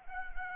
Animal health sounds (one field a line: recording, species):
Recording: mosquito wingbeat signal from an infrared sensor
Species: Anopheles arabiensis